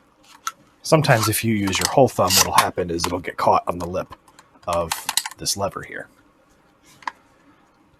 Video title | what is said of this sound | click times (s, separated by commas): Michigan Socialist Rifle Association's Firearms 101 Course | i suggest taking the tip of your thumb and pushing it in until it clicks | 0.5 s